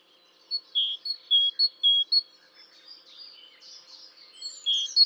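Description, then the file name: Great tit giving several ringing two-note phrases, then softer high chatter and a final clear phrase near the end. "Parus major"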